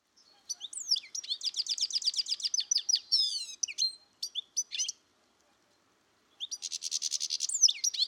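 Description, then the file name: European goldfinch giving rapid, liquid twittering calls in quick buzzy trills, with a short pause near five seconds before another tinkling burst. "Carduelis carduelis"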